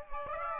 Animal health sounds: mosquito wingbeat signal from an infrared sensor; Aedes aegypti

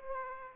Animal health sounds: mosquito wingbeat signal from an infrared sensor; Aedes aegypti

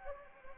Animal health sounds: mosquito wingbeat signal from an infrared sensor; Anopheles arabiensis

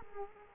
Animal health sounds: mosquito wingbeat signal from an infrared sensor; Culex quinquefasciatus

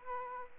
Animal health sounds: mosquito wingbeat signal from an infrared sensor; Aedes aegypti

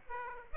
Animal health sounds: mosquito wingbeat signal from an infrared sensor; Aedes aegypti

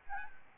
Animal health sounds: mosquito wingbeat signal from an infrared sensor; Aedes albopictus

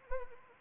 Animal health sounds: mosquito wingbeat signal from an infrared sensor; Anopheles arabiensis

